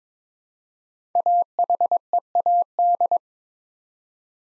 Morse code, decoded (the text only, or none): AHEAD